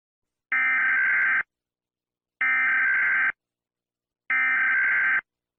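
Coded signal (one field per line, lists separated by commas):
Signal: Emergency Alert System (SAME) tones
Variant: header bursts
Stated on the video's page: Fictional EAS scenario.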